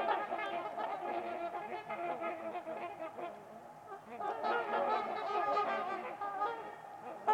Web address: Trumpeter Swans on a Winter's Eve. Winters Lake with Swan. Wind Is the Original Radio